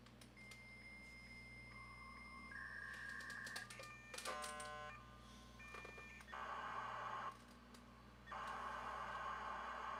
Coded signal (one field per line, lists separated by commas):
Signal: dial-up modem handshake